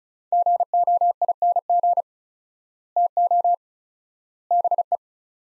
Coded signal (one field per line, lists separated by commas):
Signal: Morse code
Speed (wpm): 34 wpm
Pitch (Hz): 700 Hz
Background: none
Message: GOING TO BE